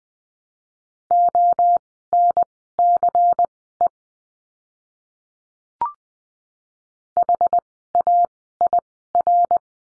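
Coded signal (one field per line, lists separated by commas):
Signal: Morse code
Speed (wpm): 20 wpm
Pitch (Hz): 700 Hz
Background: none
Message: ONCE HAIR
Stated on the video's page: Morse code course lesson on the letter C, words sent at Farnsworth speed 20/10 wpm.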